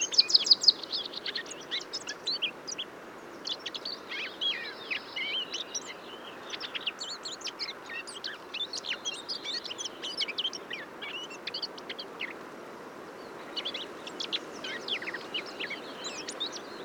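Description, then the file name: Eurasian blackcap: a long, rambling, fairly quiet warble of quick high twitters and short whistles, with brief pauses, over constant low background noise. "Sylvia atricapilla"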